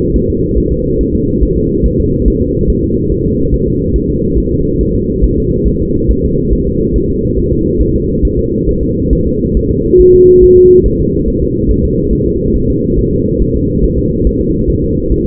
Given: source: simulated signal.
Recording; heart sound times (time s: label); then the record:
fetal heart sounds
0.16 s: S1
0.30 s: S2
0.58 s: S1
0.72 s: S2
1.01 s: S1
1.15 s: S2
1.43 s: S1
1.57 s: S2
1.86 s: S1
2.00 s: S2
2.28 s: S1
2.42 s: S2
2.70 s: S1
2.84 s: S2
3.12 s: S1
3.26 s: S2
3.54 s: S1
3.68 s: S2
3.96 s: S1
4.10 s: S2
4.38 s: S1
4.52 s: S2
4.81 s: S1
4.95 s: S2
5.24 s: S1
5.38 s: S2
5.68 s: S1
5.82 s: S2
6.11 s: S1
6.25 s: S2
6.53 s: S1
6.67 s: S2
6.96 s: S1
7.10 s: S2
7.39 s: S1
7.53 s: S2
7.81 s: S1
7.96 s: S2
8.25 s: S1
8.39 s: S2
8.69 s: S1
8.83 s: S2
9.13 s: S1
9.27 s: S2
9.57 s: S1
9.71 s: S2
10.01 s: S1
10.15 s: S2
10.44 s: S1
10.58 s: S2
10.86 s: S1
11.00 s: S2
11.28 s: S1
11.42 s: S2
11.70 s: S1
11.85 s: S2
12.13 s: S1
12.27 s: S2
12.56 s: S1
12.70 s: S2
12.99 s: S1
13.13 s: S2
13.42 s: S1
13.56 s: S2
13.84 s: S1
13.98 s: S2
14.27 s: S1
14.41 s: S2
14.70 s: S1
14.84 s: S2
15.12 s: S1
15.26 s: S2
From the record:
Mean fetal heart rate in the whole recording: 140 bpm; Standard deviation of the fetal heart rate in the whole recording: 2 bpm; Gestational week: 34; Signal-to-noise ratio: -14.7 dB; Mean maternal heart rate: 72 bpm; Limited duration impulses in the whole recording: present